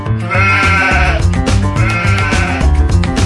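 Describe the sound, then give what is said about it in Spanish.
A goat, the Chiva Gorda, bleats loudly twice, each call a long, wavering, nasal cry lasting about a second, with a short pause between them and no voices. “Sigan con nosotros, porque enseguida llega la Chiva Gorda, que viajó con Edgar metida entre una caja de cartón amarrada con cabuya.”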